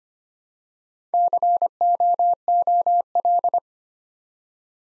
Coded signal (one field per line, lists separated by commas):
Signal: Morse code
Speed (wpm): 25 wpm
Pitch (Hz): 700 Hz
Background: none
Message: COOL